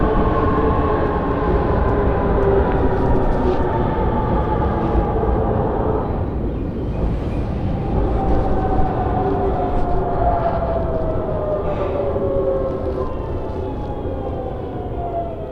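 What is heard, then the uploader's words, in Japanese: A train on the Utsunomiya Line runs on with a steady, dense low rumble that never lets up. Whining motor tones hold level, blur briefly around six to eight seconds, then return and slowly slide lower toward the end. 鉄道旅 宇都宮線 浦和→古河。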